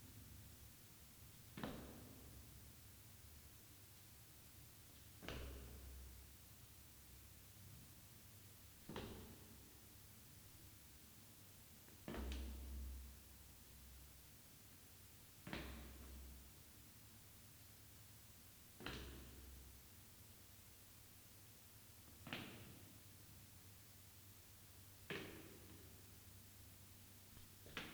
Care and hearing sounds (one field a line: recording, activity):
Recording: daily activity, guitar pickup as the sensor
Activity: go downstairs